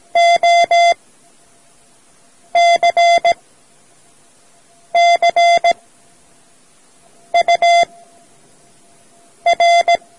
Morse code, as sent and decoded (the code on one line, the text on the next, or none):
--- -.-. -.-. ..- .-.
OCCUR